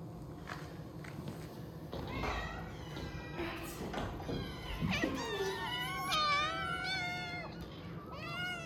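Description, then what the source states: Kittens meowing, scattered soft cries at first, then loud, high, wavering meows that overlap in quick succession. A family of kittens at a cat rescue centre, let out of their pen for play time in the enrichment room.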